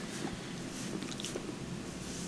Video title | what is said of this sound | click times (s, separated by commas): ✨ BOSCH E-24 - E-25 DRAIN PROBLEM - EASY FIX ✨ | if you lock it in properly you'll actually hear it click in | 1.2 s